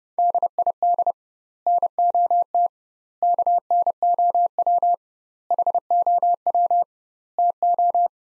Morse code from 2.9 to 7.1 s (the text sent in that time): KNOW HOW